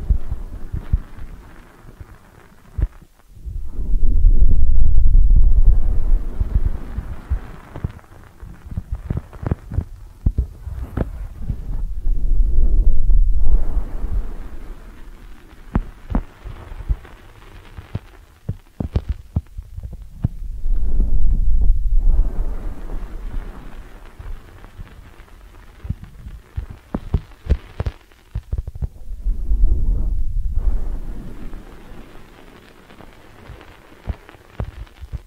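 Ear cleaning sounds: deep muffled rubbing swells in slow waves every several seconds, with soft crackles and scratchy taps scattered between them.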